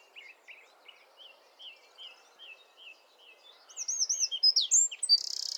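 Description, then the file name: Eurasian wren singing: soft, spaced, slurred notes at first, then loud high warbles and a sharp, rapid trill burst in at the end. "Troglodytes troglodytes"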